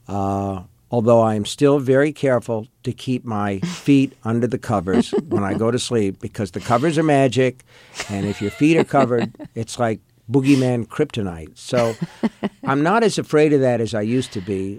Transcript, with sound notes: although I am still very careful to keep my feet under the covers when I go to sleep because the covers are magic. And if your feet are covered, it's like boogeyman Kryptonite.
(Laughter).
So I'm not as afraid of that as I used to be.